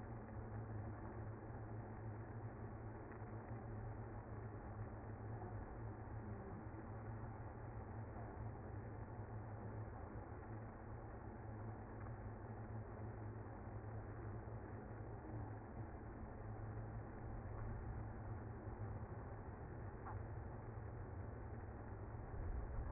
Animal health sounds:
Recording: honeybee colony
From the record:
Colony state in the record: active

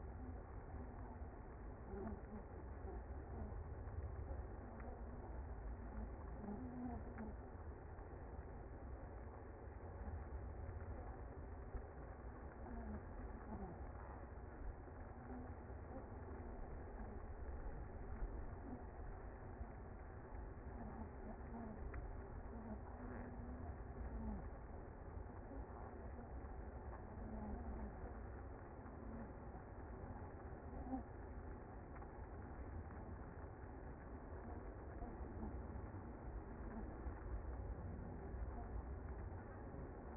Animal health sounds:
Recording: honeybee colony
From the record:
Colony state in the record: active

